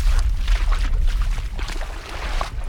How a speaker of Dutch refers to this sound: Ik weet nog dat ik hier met de laarzen liep. En de laarzen, ik moest oppassen dat het niet overheen klotste.